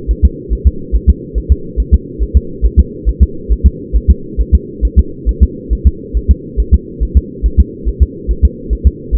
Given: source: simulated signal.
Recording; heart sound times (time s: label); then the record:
fetal heart sounds
0.11 s: S1
0.25 s: S2
0.53 s: S1
0.67 s: S2
0.95 s: S1
1.09 s: S2
1.38 s: S1
1.52 s: S2
1.80 s: S1
1.94 s: S2
2.23 s: S1
2.37 s: S2
2.65 s: S1
2.79 s: S2
3.09 s: S1
3.23 s: S2
3.52 s: S1
3.66 s: S2
3.96 s: S1
4.10 s: S2
4.41 s: S1
4.55 s: S2
4.85 s: S1
4.99 s: S2
5.29 s: S1
5.43 s: S2
5.73 s: S1
5.87 s: S2
6.17 s: S1
6.31 s: S2
6.60 s: S1
6.74 s: S2
7.03 s: S1
7.17 s: S2
7.46 s: S1
7.60 s: S2
7.88 s: S1
8.02 s: S2
8.31 s: S1
8.45 s: S2
8.73 s: S1
8.87 s: S2
9.15 s: S1
From the record:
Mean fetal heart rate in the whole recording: 140 bpm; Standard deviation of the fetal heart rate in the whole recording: 2 bpm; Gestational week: 34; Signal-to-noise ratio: -4.3 dB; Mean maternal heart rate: 72 bpm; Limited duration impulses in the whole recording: absent